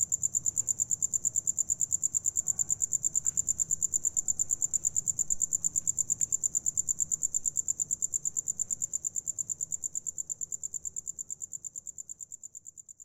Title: Carmen, Camp., México - Grillo interior de casa abandonada